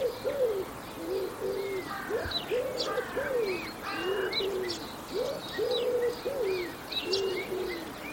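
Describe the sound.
Bird giving soft, arched cooing notes in a repeated series, with higher chirps and whistled notes from other birds above.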